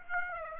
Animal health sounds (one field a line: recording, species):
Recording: mosquito wingbeat signal from an infrared sensor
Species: Aedes aegypti